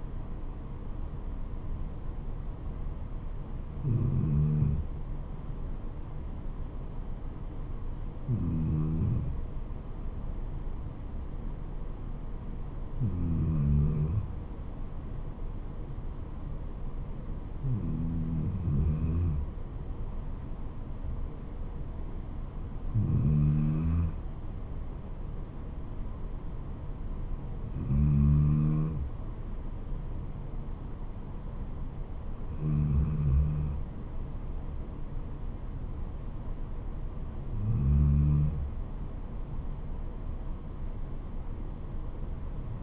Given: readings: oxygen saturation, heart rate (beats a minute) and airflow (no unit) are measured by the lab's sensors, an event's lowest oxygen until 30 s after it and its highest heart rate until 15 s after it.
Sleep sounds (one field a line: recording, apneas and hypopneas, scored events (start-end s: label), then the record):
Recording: breathing in sleep by a smartphone at the bedside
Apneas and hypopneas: none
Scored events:
none scored
From the record:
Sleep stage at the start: N2 (light sleep)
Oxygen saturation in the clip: 92 to 93%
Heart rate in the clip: 70 to 76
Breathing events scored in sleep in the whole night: 426 in 7.4 hours asleep